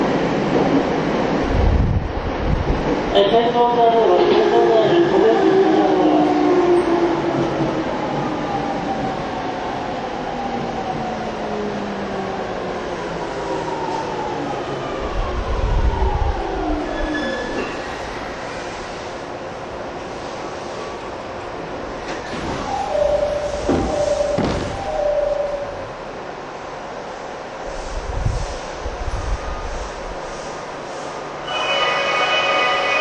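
A Saikyo Line rapid train, TWR 70-000 series, runs with a steady low rumble and rattle. Falling motor whines sweep downward from about 3 to 17 seconds as it slows, with clanks and thumps of the wheels at intervals. A steady tone sounds around 23 to 26 seconds.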